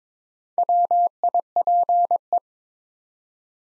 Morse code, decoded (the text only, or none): WIPE